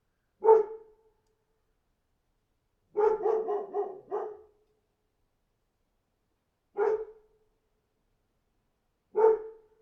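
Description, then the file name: Dog barks: a single bark, then a quick burst of several barks, followed by two more single barks spaced a few seconds apart, with silence between. "dog barking"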